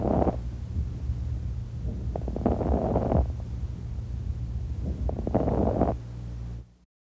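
Breath sounds recur about every three seconds over a steady low hum, with brief clicking pops early in each breath in. These are fine crackles at the lung base, heard when small airways snap open, as with fluid or scarring in the lungs.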